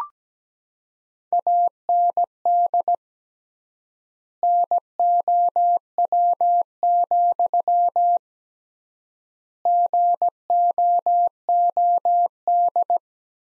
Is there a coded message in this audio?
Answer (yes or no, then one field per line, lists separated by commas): yes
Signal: Morse code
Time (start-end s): 1.3-13.0 s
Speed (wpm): 17 wpm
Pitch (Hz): 700 Hz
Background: none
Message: AND NOW, GOOD